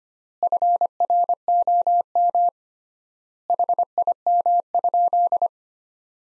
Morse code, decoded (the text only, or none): FROM HIM?